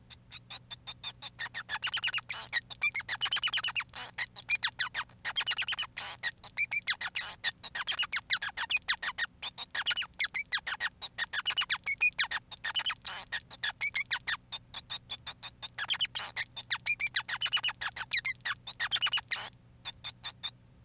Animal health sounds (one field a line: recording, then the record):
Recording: song of a male Bengalese finch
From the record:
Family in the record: son of father 5